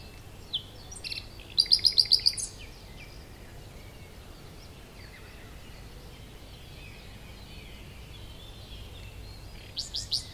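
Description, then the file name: Common nightingale song: a short rich phrase of rapid repeated notes, about six loud pulses, then a long pause before another phrase begins. "Luscinia megarhynchos"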